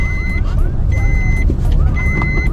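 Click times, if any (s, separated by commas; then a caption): none. In a car, a seat belt tongue is pushed toward the seat belt buckle, and the buckle fails to lock; nothing has clicked. A steady low vehicle rumble runs throughout, with three repeating high beeps and one faint short knock at 1.5 s.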